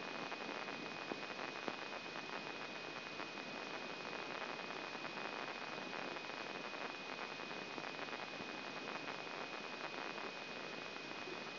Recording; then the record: brain microelectrode recording played as sound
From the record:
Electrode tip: inside the subthalamic nucleus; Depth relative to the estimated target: -2 mm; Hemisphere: left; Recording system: AlphaMap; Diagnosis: Parkinson's disease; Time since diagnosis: 7 years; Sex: female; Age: 56 years